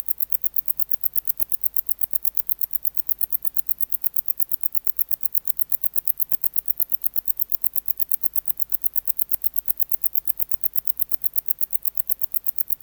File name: Decticus verrucivorus